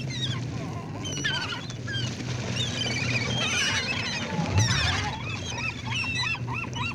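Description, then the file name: Gulls chattering, ending with a run of repeated arched yelps, over a low droning background. "Seagull Chatter"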